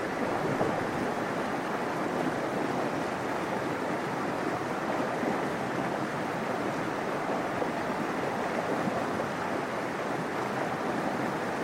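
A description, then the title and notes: A river rushes steadily through a canyon, a dense, unbroken wash of churning water. The roar sits mostly in the low and middle range with a hissing top, holding an even level throughout without distinct splashes or pauses. 11 Mile Canyon River. Binaural, Ambisonic, and Surround Sound.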